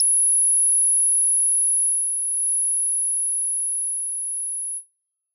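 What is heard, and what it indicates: A single, very high-pitched, steady whistle-like tone holds unchanged for about five seconds, then cuts off into silence. It is a simulated imitation of tinnitus, the ringing in the ears that a person hears without any outside sound.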